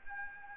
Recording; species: mosquito wingbeat signal from an infrared sensor; Aedes albopictus